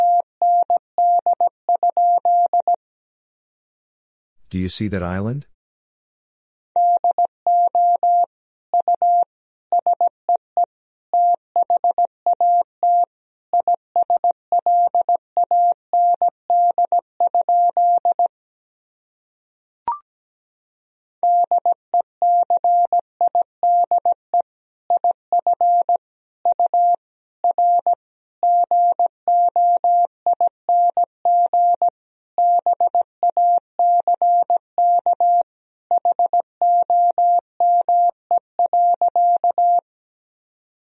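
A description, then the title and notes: Morse code beeps out as a single steady mid-pitched tone, switching on and off in quick dots and dashes grouped into words. A short burst of a voice-like sound breaks in around five seconds, and a brief click interrupts near twenty seconds. Sentences from Top 500 Words and Abbreviations 17wpm. First, the words and abbreviations are sent in Morse code.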